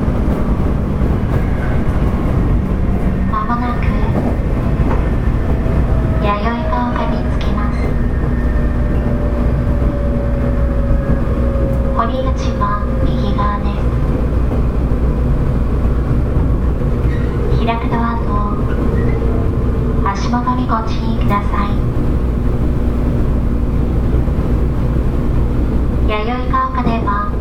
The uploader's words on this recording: JR九州 811系 けやき台から鳥栖まで. JR九州 811系電車の走行音です。 鹿児島線の普通列車で録音しました。 It is running sound of JR Kyushu 811 series train. I recorded on a local train on the Kagoshima line.